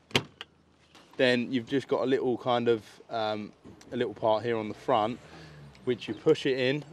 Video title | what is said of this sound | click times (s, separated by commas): What to expect from a solar installation☀️ | and then you just twist and then you hear a click | 0.2 s